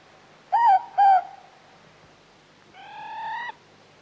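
Morepork giving a two-note hooting call, the second note slightly lower, followed by a longer, flatter, harsher single note with rich overtones.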